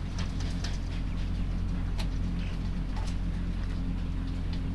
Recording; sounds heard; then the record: poultry house recording; sick chickens (respiratory disease)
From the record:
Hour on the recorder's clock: 22